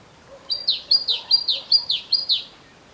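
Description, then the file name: Great tit song: one steady run of about five clear two-note phrases, high then dropping, in even bouncy rhythm. "Parus major"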